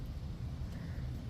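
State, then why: Not seated. A wiring harness connector is handled as it is slid toward the factory oil pressure sensor on a 2016 Kia Forte 5 2.0L, whose sensor is being replaced for an oil light at idle and an oil leak. Only a steady low rumble with broadband noise is heard, with no distinct click. Nothing has seated or clicked yet.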